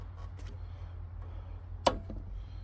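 A rubber primer bulb is pushed into the carburetor housing of a Briggs and Stratton 3.5hp push mower engine over a steady low hum. A single sharp snap sounds at 1.9 s, followed by a faint tick around 2.1 s. Only one side of the bulb has seated.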